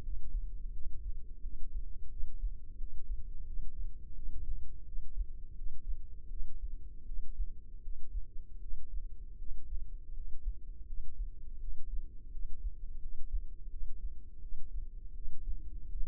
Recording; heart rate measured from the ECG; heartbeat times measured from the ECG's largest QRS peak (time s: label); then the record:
heart sounds by microphone in the left ear; 83 bpm
0.71 s: heartbeat
1.40 s: heartbeat
2.09 s: heartbeat
2.75 s: heartbeat
3.44 s: heartbeat
4.13 s: heartbeat
4.83 s: heartbeat
5.53 s: heartbeat
6.27 s: heartbeat
7.04 s: heartbeat
7.80 s: heartbeat
8.58 s: heartbeat
9.36 s: heartbeat
10.12 s: heartbeat
10.84 s: heartbeat
11.58 s: heartbeat
12.29 s: heartbeat
12.98 s: heartbeat
13.68 s: heartbeat
14.39 s: heartbeat
15.12 s: heartbeat
15.87 s: heartbeat
From the record:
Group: healthy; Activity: cold pressor test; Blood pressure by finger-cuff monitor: 71/50 mmHg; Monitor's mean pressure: 59 mmHg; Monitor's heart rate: 84 bpm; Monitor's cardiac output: 6.4 L/min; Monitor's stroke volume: 77 mL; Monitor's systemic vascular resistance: 650 dyn s/cm5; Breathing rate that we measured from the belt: 22 breaths a minute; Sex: female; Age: 19 years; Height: 163 cm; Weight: 48.9 kg